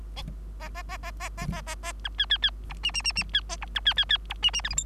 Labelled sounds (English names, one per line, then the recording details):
Bengalese Finch song
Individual Bird3